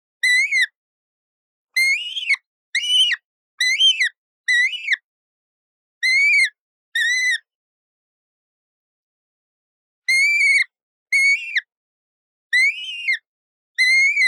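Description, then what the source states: Yellow-billed kite giving eleven loud, slightly tremulous whistled calls that rise then fall, in uneven bursts with a long pause midway; nothing else is heard. Chirp.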